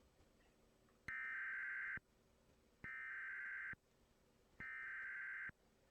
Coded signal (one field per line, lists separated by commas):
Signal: Emergency Alert System (SAME) tones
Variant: header bursts